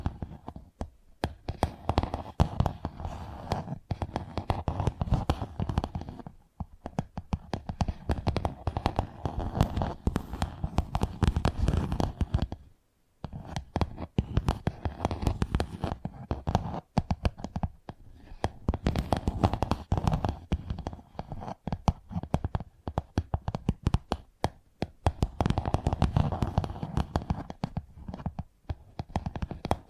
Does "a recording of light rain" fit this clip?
no